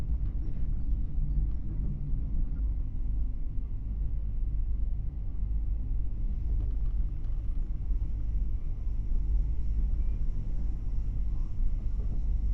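A night sleeper train pulling out produces a steady, dense low rumble with faint clicks and a thin high whine entering midway.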